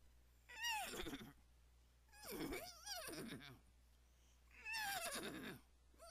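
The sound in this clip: Horse whinnying three times, each call a shaky, wavering cry that slides downward and trails off, separated by short quiet gaps over a faint steady low hum.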